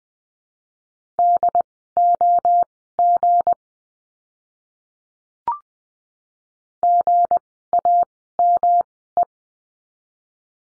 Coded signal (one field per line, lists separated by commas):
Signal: Morse code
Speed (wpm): 20 wpm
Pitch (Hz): 700 Hz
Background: none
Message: DOG GAME